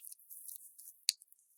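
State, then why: Seated. A milled double-pusher deployant clasp on the steel bracelet of a WatchDives WD1680 Smurf Sub homage watch with an NH35 movement is pressed closed after faint, soft handling rustles. A single sharp, bright click sounds at 1.1 s as the clasp snaps shut and seats firmly, followed by a few tiny ticks and quiet.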